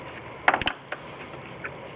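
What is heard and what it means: A plastic wiring harness connector is handled as it is pushed back toward the newly installed ignition coil module on the engine of a Mercedes-Benz C230 (W203) during an ignition coil pack replacement. A quick cluster of sharp, light ticks sounds around 0.5 to 0.7 seconds, followed by a softer tick near 0.9 seconds and a faint one near 1.7 seconds over a low steady background. The connector has not seated or clicked in yet.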